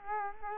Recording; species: mosquito wingbeat signal from an infrared sensor; Culex quinquefasciatus